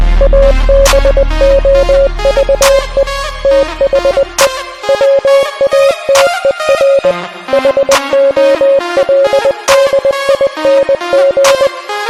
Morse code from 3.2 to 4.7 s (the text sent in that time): THE